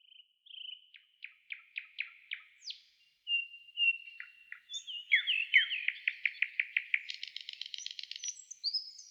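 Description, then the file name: Nightingale song with whistled notes, bursts of rapidly repeated chips, and a long trill of loud strokes in the second half. Trill phrase of the song. "Solovey Trel"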